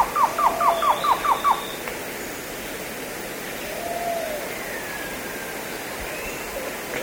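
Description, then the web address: Cocha antshrike giving a short burst of quick down-slurred notes at the start, followed by quiet hiss with faint bird calls. Recorded in the eastern lowlands of South America. "Natures Songs S America Eastern Lowlands Cocha Antshrike"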